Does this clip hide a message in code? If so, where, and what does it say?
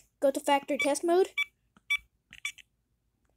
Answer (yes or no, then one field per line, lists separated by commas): no